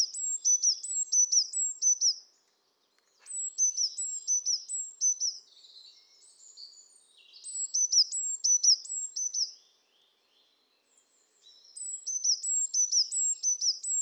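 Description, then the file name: Eurasian blue tit singing bursts of rapid high repeated notes, each a level tone dropping sharply, in several phrases separated by brief pauses and soft twitters. "Cyanistes caeruleus"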